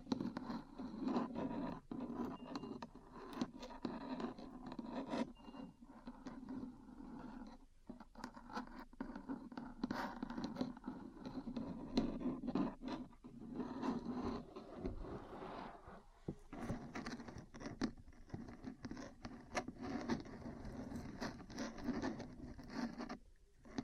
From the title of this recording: Metal Parts Tapping & Scratching